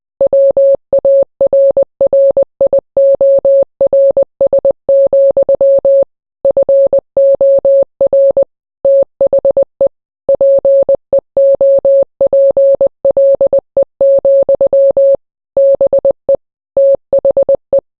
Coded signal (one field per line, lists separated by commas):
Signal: Morse code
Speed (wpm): 20 wpm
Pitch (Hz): 550 Hz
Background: none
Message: WARRIORS, FOR THE PEOPLE, BE THE